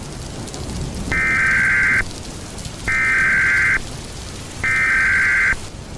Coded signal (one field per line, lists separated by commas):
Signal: Emergency Alert System (SAME) tones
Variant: header bursts